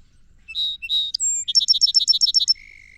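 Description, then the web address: Song Sparrow singing: paired whistles, a sharp high tone, a bright rapid trill, and a closing low buzzy note, with quiet surroundings. "songs 169 Song Sparrow"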